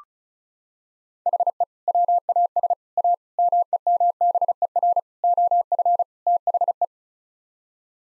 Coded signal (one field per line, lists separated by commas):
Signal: Morse code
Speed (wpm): 36 wpm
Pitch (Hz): 700 Hz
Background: none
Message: HE WAS A MEMBER OF THE